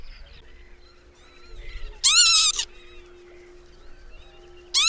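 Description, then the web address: Northern lapwing giving a loud wheezy call near the middle, another call starting at the end, faint small bird notes in the background. "agykontroll Madardalok Cd 3. Bíbic"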